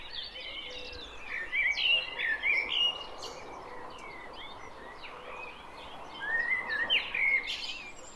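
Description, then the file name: Common blackbird fluty warbled phrases near the start and again toward the end, with fainter chirps between. "Turdus merula"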